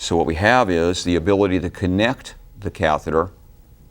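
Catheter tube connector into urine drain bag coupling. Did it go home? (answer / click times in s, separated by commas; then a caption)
no / none. A urinary catheter's tube connector is being brought to the coupling of a leg drain bag while someone talks. No click is heard, and the connector has not yet seated in the drain bag fitting.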